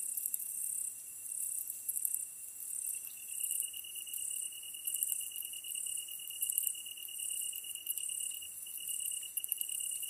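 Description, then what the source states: Tree cricket song, an unbroken high trill that grows louder after the first few seconds, with a loud rhythmic pulsing buzz from another insect higher above it. Kantan tree cricket recorded together with ezo-tsuyumushi katydid at night, 15 August 2010, 22:39, with a DH-D50.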